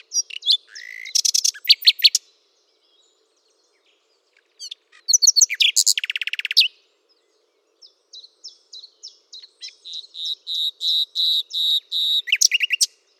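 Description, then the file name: Common nightingale singing separate phrases: a rapid, sharp rattle, a pause, a loud buzzy trill, then a slower string of repeated high notes. "Luscinia megarhynchos"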